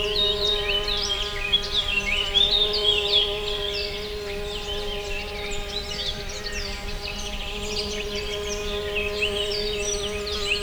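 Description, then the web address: Wasp buzz: a continuous, even hum that holds its pitch throughout, under a dense chorus of high chirping and twittering birds. Wasps, plural, recorded in nature at a water house in 2015 with a cardioid microphone. "allathangok termeszetben darazs 2015 darazsak vizhaz"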